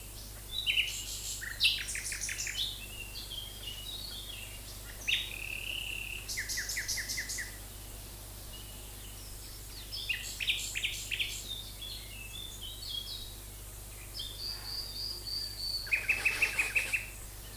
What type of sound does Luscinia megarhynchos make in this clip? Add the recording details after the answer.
song. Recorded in the wild. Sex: male. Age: adult. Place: Lübars (Fließtal), Berlin, DE. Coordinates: 52.6175, 13.3625. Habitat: wood. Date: 2004-05-02 12:30. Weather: overcast, 15°C. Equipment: Fair Mate ST-1328 (Asahi Electronics, Japan), Sennheiser ME 80, Kopie Uher 4000 Report Monitor. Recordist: Tembrock, Günter